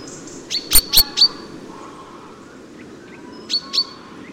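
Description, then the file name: Common chaffinch calls: short, sharp metallic notes given in a quick run of four, then a pause and two more, with a steady low background hum. "Fringilla coelebs"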